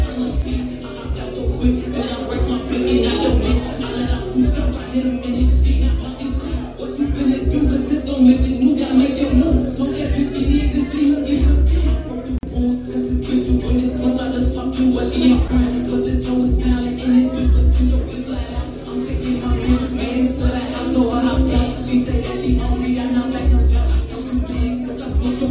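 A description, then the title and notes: Lively sounds inside Central 111: a dense, steady din over a constant low hum, with a deep thump returning about every six seconds. Central 111 Virginia Beach Party Cam. The lively sounds from within Central 111.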